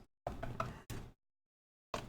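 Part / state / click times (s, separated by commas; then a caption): PC component retention clamp on motherboard / not seated / none. A part is pressed down onto a motherboard so that its plastic retention clamp will click into place. Short, sharp knocking taps are heard around 0.3, 0.4 and 0.6 seconds, a longer scraping sound at 0.9 seconds, then silence before another sharp tap at 1.9 seconds. The clamp has not clicked yet on this first press.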